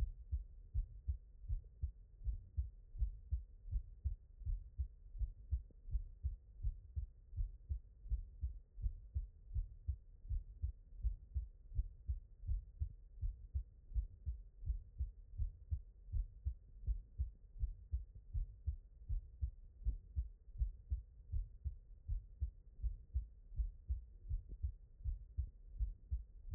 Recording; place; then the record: heart sounds by stethoscope; mitral valve (MV)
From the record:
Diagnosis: non-HFrEF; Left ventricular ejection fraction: 64%